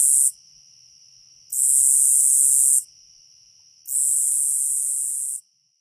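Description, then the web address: Nebraska conehead song: a continuous high-pitched buzz lasting over a second, broken by pauses of about a second; the end of one buzz, then two full buzzes. North America. "Songs of Insects. Nebraska Conehead"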